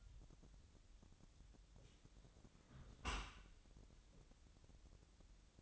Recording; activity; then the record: daily activity, microphone in the room; close dishwasher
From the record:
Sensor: 3